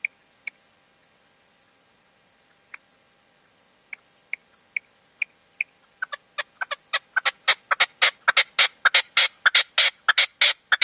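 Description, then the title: Partridge or tinamou: scattered single clicks at first, then notes come faster and louder, building into a rapid, grating, rhythmic run of calls to the end. "Canto de Perdiz. CANTO DE LA PERDIZ"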